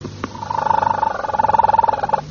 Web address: canarios cantoharz